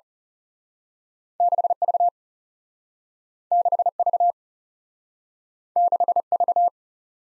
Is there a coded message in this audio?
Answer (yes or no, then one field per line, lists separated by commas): yes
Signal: Morse code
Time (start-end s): 1.4-6.7 s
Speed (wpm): 39 wpm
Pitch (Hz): 700 Hz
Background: none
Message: 6 V 6 V 6 V